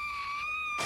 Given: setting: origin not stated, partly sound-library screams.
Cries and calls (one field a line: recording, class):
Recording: one-second piece from a danger detection set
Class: woman in danger